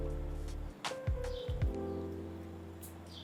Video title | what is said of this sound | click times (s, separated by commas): My DJI Osmo Action 4 Adventure Combo Review after 3Months of Use | ठीक है अब यह लॉक हो गया अब आप चाहे जितना इसको खींच लो यह नहीं हिलने वाला है | 0.9 s